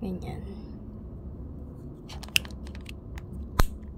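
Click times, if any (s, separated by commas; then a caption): 2.4 s. A plastic closure clip is pressed shut on the tail of a drainable colostomy pouch while someone talks. A few faint taps lead up to a sharp click at 2.4 seconds, followed by a louder snap near 3.6 seconds. The click at 2.4 seconds means the clip has locked shut.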